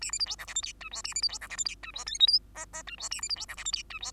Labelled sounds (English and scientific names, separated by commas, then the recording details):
Bengalese Finch (Lonchura striata domestica) song
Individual Bird2